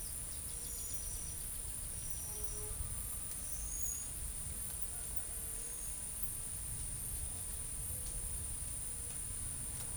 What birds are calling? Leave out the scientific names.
none